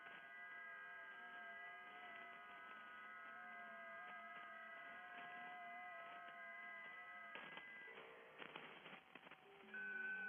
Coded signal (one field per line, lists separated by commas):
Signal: FT8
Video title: [ARCHIVE] Music, Ham Radio Voices & FT8 — Offline World-wide Comms from the Edge of the Net